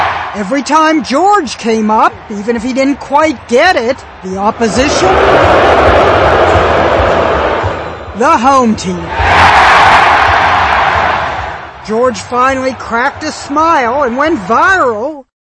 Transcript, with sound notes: Every time George came up, even if he didn`t quite get it, the opposition --
(BOOS)
The home team --
(CHEERS)
George finally cracked a smile and went viral.